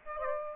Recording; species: mosquito wingbeat signal from an infrared sensor; Aedes aegypti